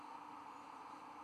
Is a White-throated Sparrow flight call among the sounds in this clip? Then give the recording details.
no. No flight call is heard. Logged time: 04:28 on 1 December 2014